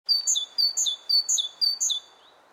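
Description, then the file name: Great tit song, a high, bright short phrase repeated about four times in quick, even succession over a quiet background hiss. "Parus major"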